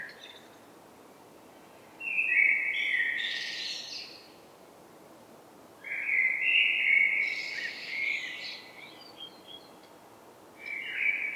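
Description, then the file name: Common blackbird song: fluted phrases, each ending in a squeaky high twitter, with quiet gaps between. "Turdus merula"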